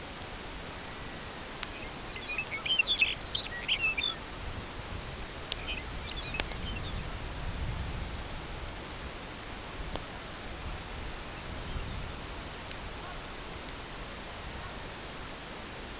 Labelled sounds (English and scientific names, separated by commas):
Lapland Longspur (Calcarius lapponicus), unidentified sound